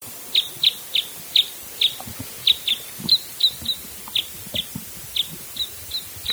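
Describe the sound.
Bird giving short high chirps, about two to three a second in an even series, over faint low background noise.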